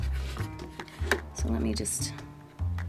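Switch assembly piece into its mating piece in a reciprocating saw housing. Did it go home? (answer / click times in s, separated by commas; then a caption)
no / none. While the variable-speed switch of a DeWALT DC385 cordless reciprocating saw is being replaced, one plastic piece of the switch assembly is handled as it is fitted toward its mating piece in the saw housing. Someone talks over steady background music, with a few brief light handling ticks. Nothing has seated or clicked yet; the piece is not yet home.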